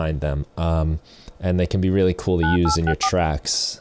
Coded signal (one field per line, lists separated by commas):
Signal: DTMF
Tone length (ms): 100 ms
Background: speech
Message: 9864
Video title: Telephone Tones: Free Ableton Live Pack #106